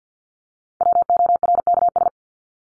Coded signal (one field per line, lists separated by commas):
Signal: Morse code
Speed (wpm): 48 wpm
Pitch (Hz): 700 Hz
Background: none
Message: WORKS